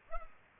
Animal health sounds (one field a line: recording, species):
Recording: mosquito wingbeat signal from an infrared sensor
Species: Culex pipiens